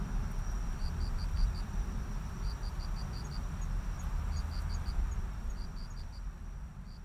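Cricket chirps come in quick bursts of three to five pulses with short gaps between, over a steady low-pitched background hum.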